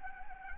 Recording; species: mosquito wingbeat signal from an infrared sensor; Anopheles gambiae